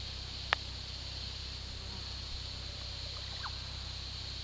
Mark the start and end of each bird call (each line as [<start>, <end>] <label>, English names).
[3.26, 3.53] Olive Oropendola